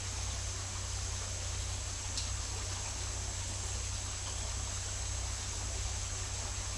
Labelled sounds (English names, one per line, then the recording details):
none
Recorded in dense forest near Puerto Asís, Putumayo, Colombia, on 20 December 2024 at 10:30
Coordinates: 0.467, -76.328
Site GP05